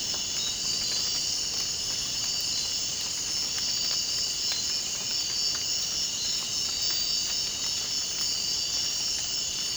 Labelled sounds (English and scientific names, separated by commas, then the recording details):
none
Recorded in dense forest near Puerto Asís, Putumayo, Colombia, on 25 June 2025 at 03:30
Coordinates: 0.499, -76.324
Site G100